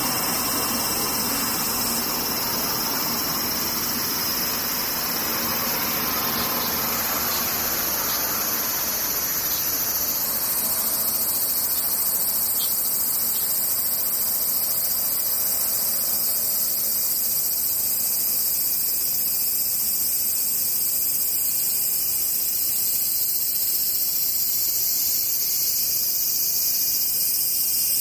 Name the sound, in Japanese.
セミ